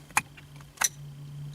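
A plastic trailer brake controller wiring harness connector on a 2017 Ram Rebel is snapped into its mating socket, giving a pronounced click at 0.2 s that shows it is fully seated with the lock tabs engaged. A second sharp snap follows around 0.8–0.9 s over a steady low hum.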